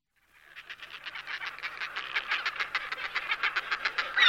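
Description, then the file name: Northern fulmar cackling call, a run of harsh rattling pulses building in loudness. "buřňák lední"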